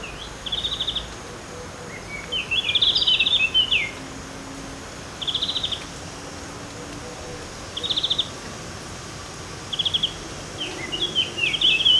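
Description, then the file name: Eurasian blackcap song in repeated bursts: short chattering phrases every couple of seconds, some longer and more varied, against a constant soft hiss. "Sylvia atricapilla"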